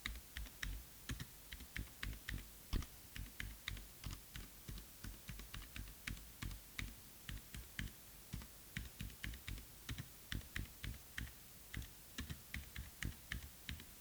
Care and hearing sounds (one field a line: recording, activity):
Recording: daily activity, guitar pickup as the sensor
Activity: type